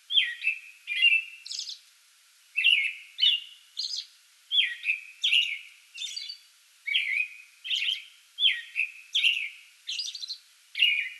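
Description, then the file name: American robin singing a steady run of rich whistled caroling phrases with some higher squeaky notes, about two phrases per second with brief gaps. Pre-dawn song bout, recorded 8 May 2022. "2022-05-08 American Robin pre-dawn song bout"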